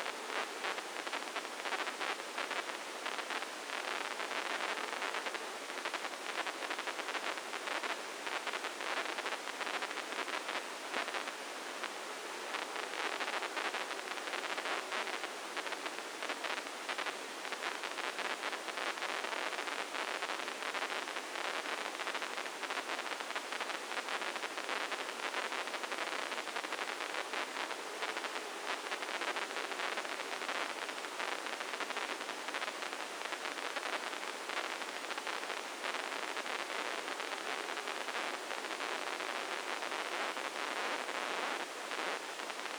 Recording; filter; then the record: brain microelectrode recording played as sound; spike band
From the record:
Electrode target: subthalamic nucleus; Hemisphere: left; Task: reaching with the right hand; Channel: 1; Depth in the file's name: 2.062 mm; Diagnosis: Parkinson's disease